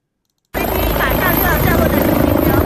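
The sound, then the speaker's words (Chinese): After a brief silence, a rescue helicopter's loud, steady rotor roar kicks in abruptly, with a rapid low thumping of blades under broad whooshing engine noise that holds constant to the end, as it lands at 11:30 am on the helipad at the southwest side of the newly opened Peking University People's Hospital Tongzhou campus in Beijing. “上午11点半，一架救援直升机稳稳地落在新开诊的北大人民医院通州院区西南侧的停机坪上，航空转运的病人5分钟就能推进急诊室。”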